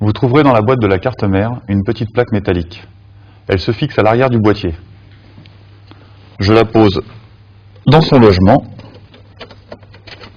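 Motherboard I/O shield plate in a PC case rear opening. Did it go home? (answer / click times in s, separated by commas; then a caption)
no / none. A metal motherboard I/O shield plate from the motherboard box is set into its opening at the back of a PC case while someone talks. A few faint, short taps are heard at about 5.5 s, 5.9 s, 9.4 s, 9.5 s and 9.7 s between the talking. The plate is only being handled, and its tabs have not clipped in yet.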